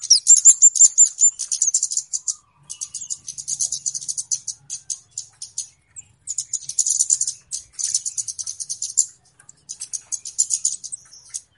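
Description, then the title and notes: Flowerpecker: dense streams of sharp, very high tick notes in bursts of several seconds, with brief gaps between bursts. Calls used as a lure (pikat). "Kicau Burung Kemade ( Cabe Cabean) Jernih. Suara Burung Cabe Cabean Pikat"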